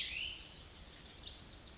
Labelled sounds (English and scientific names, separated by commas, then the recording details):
Cassin's Vireo (Vireo cassinii)
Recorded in Sonoma County, California